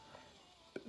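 A plastic pin-and-gear joint on an S.H. Figuarts Goku action-figure effect part (Teleport Kamehameha effects set) is lined up and pushed until the gear locks. After a quiet stretch of faint handling noise, a sharp click is heard at 0.8 s. The gear is seated and locked in place.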